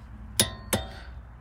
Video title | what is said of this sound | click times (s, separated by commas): 【技師手把手教你】煞車異音可能是危險的前兆！換煞車片的超實用攻略！Warning Signs You Need New Brakes! How to change brake pads? | When you hear a clicking sound, it means the torque wrench has reached the set poundage. | 0.4 s, 0.7 s